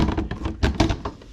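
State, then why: Not seated. A metal basket is lined up on the rear rack accessory mount of a Benno RemiDemi e-bike, before its pins are slid in. Light thunks and taps from the handling land around 0.1, 0.3, 0.5, 0.6, 0.8 and 1.1 seconds, the strongest near 0.8 seconds. Nothing has seated or clicked into place yet.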